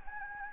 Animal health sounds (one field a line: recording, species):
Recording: mosquito wingbeat signal from an infrared sensor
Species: Anopheles gambiae